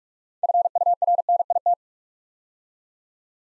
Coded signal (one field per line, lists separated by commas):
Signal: Morse code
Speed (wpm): 44 wpm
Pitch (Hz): 700 Hz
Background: none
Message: FURNIT